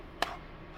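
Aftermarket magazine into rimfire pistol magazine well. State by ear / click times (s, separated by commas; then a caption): not seated / none. A thicker third-party magazine that lacks the cut is pushed again into the magazine well of a Hammerli TAC R1 rimfire pistol, making a single short, sharp knock at about 0.2 s over a quiet background. The magazine catch does not engage, and nothing has latched or clicked into place yet.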